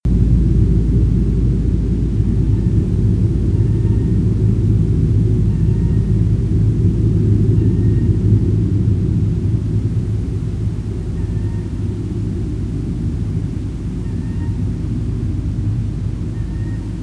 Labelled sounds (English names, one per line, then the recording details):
Eurasian Coot
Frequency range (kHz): Eurasian Coot 0.9-3.0 kHz
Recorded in France